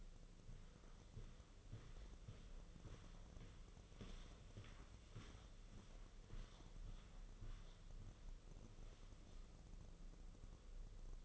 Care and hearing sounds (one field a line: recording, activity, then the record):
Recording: daily activity, microphone in the room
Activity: walk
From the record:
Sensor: 4